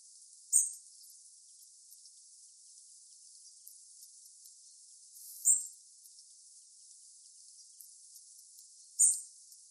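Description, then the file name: European robin uttering brief high-pitched thin calls, three spaced several seconds apart, with soft background hiss between them. "Erithacus rubecula"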